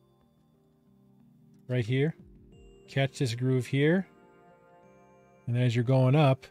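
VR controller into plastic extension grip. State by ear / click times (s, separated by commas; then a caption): not seated / none. A VR controller is slid up and lined up to catch the groove on the side of a plastic extension grip handle, before being pushed home. Someone talks over soft background music, with a few faint handling sounds. Nothing has seated or clicked yet.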